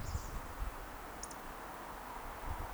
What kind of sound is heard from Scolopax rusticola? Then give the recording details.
whistle. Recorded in Baden-Württemberg, Germany, on 30 May 2021 at 19:49 UTC. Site 43323, 910 m above sea level